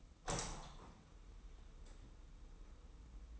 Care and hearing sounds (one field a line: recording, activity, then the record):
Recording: daily activity, microphone in the room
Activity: open window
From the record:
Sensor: 1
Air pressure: 990.4 hPa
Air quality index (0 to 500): 165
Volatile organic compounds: 1000 ppm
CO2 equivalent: 6005 ppm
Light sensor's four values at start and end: 20/46/20/21 and 21/47/20/22